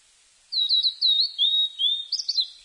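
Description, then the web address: Blue-and-white flycatcher song: a clear phrase of high, slurred whistles, some falling and some looping, ending in a quick, jumbled flourish. Recorded 5 July 1997. "1997 970705 ooruri"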